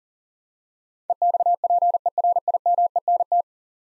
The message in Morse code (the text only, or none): EXPERIMENT